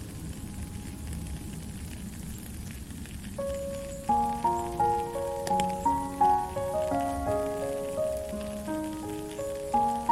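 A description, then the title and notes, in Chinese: Steady rain hiss fills the first four seconds, then a gentle melody of clear plucked notes enters, rising and falling in regular phrases over the rain. 唯美的旋律及雨聲。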